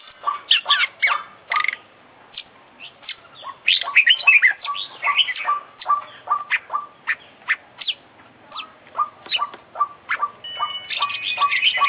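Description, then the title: Oriental magpie-robin song: a rapid, varied stream of sharp chips, whistles and trills, including a repeated clipped note. Captive kacer of the Indonesian songbird-hobby (kicau mania) scene, an international contest champion, singing continuously (gacor) with full isian (fill-in song material), used for training. "Kicau Mania - Full Isian Juara Internasional Burung KACER Gacor"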